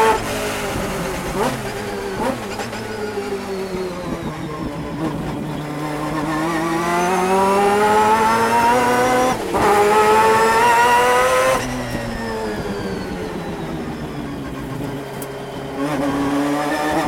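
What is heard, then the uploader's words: A rotary race engine in a 1991 Mazda RX-7 GTO heard from inside the car, its loud buzzing note climbing steadily through the gears. Pitch rises over several seconds, drops sharply at shifts near 9.5 and 11.5 seconds, then climbs again, with brief pops between. 1991 Mazda RX-7 GTO In-Car Audio, Long Beach. 600hp 4-rotor 1991 Mazda RX-7 GTO around the streets of Long Beach during a session for vintage cars held during the 2019 Acura Grand Prix.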